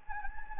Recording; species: mosquito wingbeat signal from an infrared sensor; Anopheles gambiae